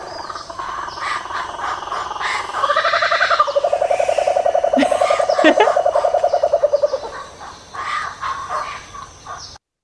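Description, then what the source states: Laughing Kookaburra laughing call: chuckling notes build into a loud, rapid cackling series of rhythmic hoots lasting several seconds, then fade into softer chuckles. A single individual giving the laughing call.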